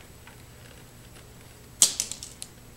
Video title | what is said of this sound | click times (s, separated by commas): NC700X panels | oh I hope there it snapped | 1.8 s